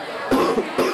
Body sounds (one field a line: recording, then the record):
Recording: coughing mixed with background sound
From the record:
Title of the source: Coughing 77